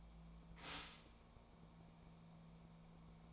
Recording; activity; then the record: daily activity, microphone in the room; stop toaster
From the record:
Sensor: 1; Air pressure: 1000.3 hPa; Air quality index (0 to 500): 155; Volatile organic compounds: 3 ppm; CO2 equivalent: 1455 ppm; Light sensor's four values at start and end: 30/74/31/37 and 30/74/31/37